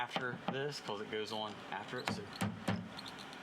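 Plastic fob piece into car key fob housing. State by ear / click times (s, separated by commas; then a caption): seated / 3.0 s. A plastic piece is pressed back onto a car key fob housing during reassembly while someone talks. One short hit at 3.0 s marks the piece popping into place, and it is seated.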